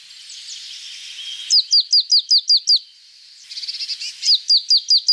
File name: marsh tit song